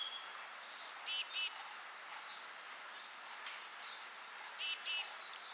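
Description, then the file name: Eurasian blue tit calling: two phrases, each a run of thin high descending notes followed by two buzzy churring notes, about three and a half seconds apart. "Cyanistes caeruleus"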